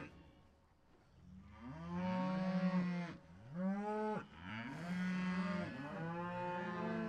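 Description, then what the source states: Cow giving low droning groans, about four harmonic groans after a quiet start. Cows breathing on the microphone.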